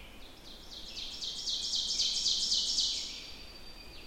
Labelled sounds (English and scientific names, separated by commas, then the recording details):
Ovenbird (Seiurus aurocapilla) song
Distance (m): 35 m
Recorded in boreal forest in Alberta, Canada, on 14 June 2016 at 06:37
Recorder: SongMeter 3, array SBT-3-33
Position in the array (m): 128 m, 36 m
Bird 21